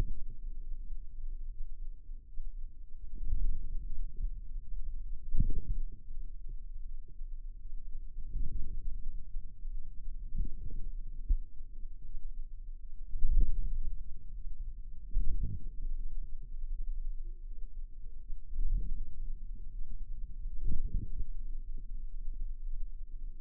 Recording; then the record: forearm muscle sounds (acoustic myography)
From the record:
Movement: wrist extension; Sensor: system 2, bracelet of six BSWA MPA416 microphones around the upper forearm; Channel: 4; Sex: female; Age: 23 years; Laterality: right